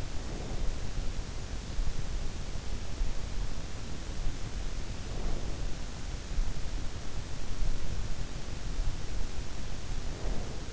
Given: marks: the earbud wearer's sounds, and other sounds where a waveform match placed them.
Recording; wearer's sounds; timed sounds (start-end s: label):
sounds in sleep by an in-ear microphone; breath
0.00-1.10 s: breath
4.75-5.78 s: breath
9.79-10.73 s: breath